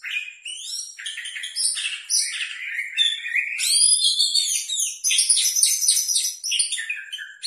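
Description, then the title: Oriental magpie-robin song: clear rising and falling whistles mixed with quick chattering notes, delivered in fast varied phrases at a lively, uneven pace. "Kacer"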